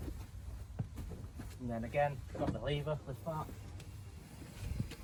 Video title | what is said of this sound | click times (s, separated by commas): VW Transporter Campervan 2016 Test Drive and Review | hold near the seat belts, that snaps back into place, and | 0.8 s